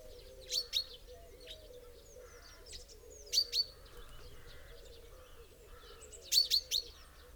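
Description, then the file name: Common chaffinch calls: short, high, sharp notes in pairs and triplets, repeated every few seconds above a continuous low warbling chorus and occasional buzzy mid-pitched phrases. "Fringilla coelebs"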